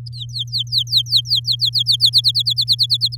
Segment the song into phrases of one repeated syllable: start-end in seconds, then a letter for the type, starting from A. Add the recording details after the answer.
0.06-1.96 A, 2.00-3.16 B. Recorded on 10 May 2018 at 06:08. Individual llb16